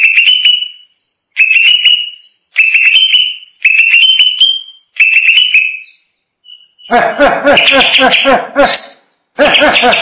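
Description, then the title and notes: Greater green leafbird singing five clear whistled phrases that slur upward, then switching to harsh, raspy chattering bursts. A champion bird. "Kicau Burung Cucak Ijo Juara. Suara kicauan burung cucak ijo"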